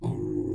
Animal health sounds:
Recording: pig call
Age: weaner (32 to 43 days)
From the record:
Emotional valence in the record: negative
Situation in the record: negative conditioning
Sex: female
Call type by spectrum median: low-frequency call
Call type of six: low-frequency stable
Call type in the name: low-frequency stable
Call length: 0.55 s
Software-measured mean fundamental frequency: 47 Hz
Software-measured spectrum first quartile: 140 Hz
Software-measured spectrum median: 268 Hz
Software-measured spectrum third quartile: 353 Hz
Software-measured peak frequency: 319 Hz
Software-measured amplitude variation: 189 dB a second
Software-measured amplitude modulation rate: 31.9 a second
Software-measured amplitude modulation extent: 5.9 dB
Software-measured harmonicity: 3.0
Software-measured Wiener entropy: -0.55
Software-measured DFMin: 844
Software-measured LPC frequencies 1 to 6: 323, 824, 2229, 3532, 4563, 5396 Hz

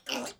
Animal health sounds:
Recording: pig call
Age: piglet (1 to 25 days)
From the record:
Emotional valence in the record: negative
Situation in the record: restrain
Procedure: back test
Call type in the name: low-frequency call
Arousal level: medium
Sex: female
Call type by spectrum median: low-frequency call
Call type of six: low-frequency stable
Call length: 0.40 s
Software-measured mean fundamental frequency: 66 Hz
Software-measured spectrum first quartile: 598 Hz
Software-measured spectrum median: 2169 Hz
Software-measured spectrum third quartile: 3942 Hz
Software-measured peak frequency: 515 Hz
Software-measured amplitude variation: 203 dB a second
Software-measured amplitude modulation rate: 17.6 a second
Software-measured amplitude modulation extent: 11.5 dB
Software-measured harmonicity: 0.9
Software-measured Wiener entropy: -1.35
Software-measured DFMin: 1446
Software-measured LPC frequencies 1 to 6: 615, 1335, 2745, 4708, 5743, 6532 Hz

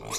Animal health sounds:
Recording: pig call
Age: weaner (32 to 43 days)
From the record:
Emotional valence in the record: negative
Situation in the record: novel object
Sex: female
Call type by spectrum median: high-frequency call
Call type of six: high-frequency modulated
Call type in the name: high-frequency modulated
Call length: 0.19 s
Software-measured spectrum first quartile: 985 Hz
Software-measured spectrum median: 3759 Hz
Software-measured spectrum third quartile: 6413 Hz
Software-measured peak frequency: 6964 Hz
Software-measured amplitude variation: 141 dB a second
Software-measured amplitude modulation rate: 23.9 a second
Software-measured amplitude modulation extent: 5.9 dB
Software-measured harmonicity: 0.3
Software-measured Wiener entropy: -2.62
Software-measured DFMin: 1135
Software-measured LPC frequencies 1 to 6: 566, 1116, 2262, 3699, 4122, 5099 Hz

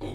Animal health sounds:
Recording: pig call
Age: weaner (32 to 43 days)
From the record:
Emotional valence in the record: negative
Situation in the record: negative conditioning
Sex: female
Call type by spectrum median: low-frequency call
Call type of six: low-frequency stable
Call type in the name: low-frequency stable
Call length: 0.15 s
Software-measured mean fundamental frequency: 49 Hz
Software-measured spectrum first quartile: 179 Hz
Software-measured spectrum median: 354 Hz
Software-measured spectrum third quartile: 764 Hz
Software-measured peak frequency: 306 Hz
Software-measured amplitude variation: 58 dB a second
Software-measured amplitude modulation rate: 20.0 a second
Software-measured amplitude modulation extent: 2.9 dB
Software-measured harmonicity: -2.6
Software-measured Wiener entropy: -0.69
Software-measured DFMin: 965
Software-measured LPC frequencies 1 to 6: 395, 2244, 3247, 3842, 4556, 5640 Hz

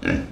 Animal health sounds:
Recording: pig call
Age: growing-finishing pig (85 days or more)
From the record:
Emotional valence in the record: negative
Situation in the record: barren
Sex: female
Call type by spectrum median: low-frequency call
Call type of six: low-frequency stable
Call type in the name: low-frequency stable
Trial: 1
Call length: 0.32 s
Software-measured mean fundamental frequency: 51 Hz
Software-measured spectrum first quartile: 233 Hz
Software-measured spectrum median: 533 Hz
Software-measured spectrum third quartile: 1730 Hz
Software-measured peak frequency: 277 Hz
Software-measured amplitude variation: 201 dB a second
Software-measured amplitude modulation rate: 29.8 a second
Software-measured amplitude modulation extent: 6.7 dB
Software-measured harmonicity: 1.3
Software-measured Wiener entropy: -1.98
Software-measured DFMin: 1090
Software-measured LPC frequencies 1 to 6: 345, 1616, 2301, 2689, 3614, 4428 Hz

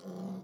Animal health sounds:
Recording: pig call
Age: piglet (1 to 25 days)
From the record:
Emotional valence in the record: negative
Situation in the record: long isolation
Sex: male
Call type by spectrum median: low-frequency call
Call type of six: low-frequency modulated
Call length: 0.44 s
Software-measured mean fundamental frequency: 63 Hz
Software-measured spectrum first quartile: 189 Hz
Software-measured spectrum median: 270 Hz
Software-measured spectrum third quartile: 619 Hz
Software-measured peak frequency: 195 Hz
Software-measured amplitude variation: 133 dB a second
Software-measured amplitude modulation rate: 19.4 a second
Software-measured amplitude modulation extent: 6.8 dB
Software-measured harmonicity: 6.6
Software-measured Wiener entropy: -0.18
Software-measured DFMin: 1858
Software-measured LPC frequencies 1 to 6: 3249, 4469, 5941, 7042, 8629, 10044 Hz

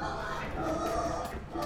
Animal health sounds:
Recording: pig call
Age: growing-finishing pig (85 days or more)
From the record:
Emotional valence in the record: positive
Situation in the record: run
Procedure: transit

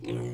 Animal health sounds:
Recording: pig call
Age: weaner (32 to 43 days)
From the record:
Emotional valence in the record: negative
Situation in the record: short isolation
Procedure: open field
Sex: female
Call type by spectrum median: low-frequency call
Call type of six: low-frequency stable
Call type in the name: low-frequency stable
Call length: 0.34 s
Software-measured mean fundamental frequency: 59 Hz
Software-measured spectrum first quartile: 141 Hz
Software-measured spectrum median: 299 Hz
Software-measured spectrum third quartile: 506 Hz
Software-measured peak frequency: 341 Hz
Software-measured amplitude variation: 93 dB a second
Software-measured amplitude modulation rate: 28.1 a second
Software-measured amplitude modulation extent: 3.3 dB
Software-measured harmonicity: -3.0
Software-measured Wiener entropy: -0.28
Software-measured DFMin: 923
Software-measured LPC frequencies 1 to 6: 357, 2240, 2614, 3419, 3803, 4988 Hz

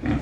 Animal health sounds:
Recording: pig call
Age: growing-finishing pig (85 days or more)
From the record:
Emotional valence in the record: negative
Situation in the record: barren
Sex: female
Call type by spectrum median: low-frequency call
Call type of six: low-frequency modulated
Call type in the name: low-frequency modulated, not sure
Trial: 1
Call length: 0.22 s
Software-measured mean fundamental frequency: 59 Hz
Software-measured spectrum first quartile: 154 Hz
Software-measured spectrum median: 279 Hz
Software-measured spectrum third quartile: 585 Hz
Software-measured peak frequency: 281 Hz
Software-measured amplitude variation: 148 dB a second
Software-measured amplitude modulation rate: 22.7 a second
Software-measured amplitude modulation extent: 6.5 dB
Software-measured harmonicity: -0.2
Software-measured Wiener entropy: -0.89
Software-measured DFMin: 697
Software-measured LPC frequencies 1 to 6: 272, 1827, 2326, 3377, 5350, 6568 Hz

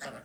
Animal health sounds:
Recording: pig call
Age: piglet (1 to 25 days)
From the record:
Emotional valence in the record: negative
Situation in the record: castration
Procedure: castration, fixation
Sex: male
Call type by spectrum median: low-frequency call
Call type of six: low-frequency tonal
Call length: 0.24 s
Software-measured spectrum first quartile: 597 Hz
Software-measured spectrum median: 1363 Hz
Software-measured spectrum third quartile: 2757 Hz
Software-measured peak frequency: 681 Hz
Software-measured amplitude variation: 98 dB a second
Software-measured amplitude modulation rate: 14.3 a second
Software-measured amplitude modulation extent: 6.9 dB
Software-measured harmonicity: -0.7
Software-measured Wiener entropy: -1.32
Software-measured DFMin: 748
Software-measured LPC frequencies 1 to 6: 640, 1827, 2920, 3751, 4572, 5163 Hz

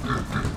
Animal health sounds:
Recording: pig call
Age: growing-finishing pig (85 days or more)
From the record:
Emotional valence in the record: positive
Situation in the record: run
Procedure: transit

